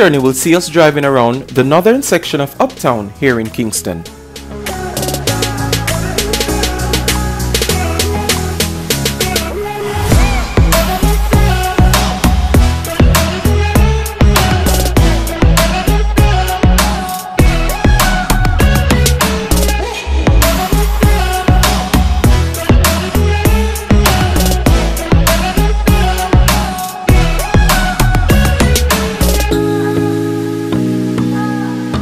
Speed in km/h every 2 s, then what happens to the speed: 0, 0, 0, 0, 0, 8, 10, 10, 11, 16, 16, 16, 16, 19, 27, 34.
0-8 standing. 8-11 pulls away to 10. 15-18 speeds up to 16. 18-25 steady at about 16. 25-32 speeds up to 34.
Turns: none.